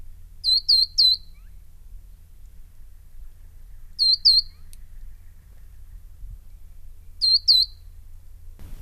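Verdin giving high whistled notes in short groups of two or three, each group repeated about every three and a half seconds, over a low steady hum.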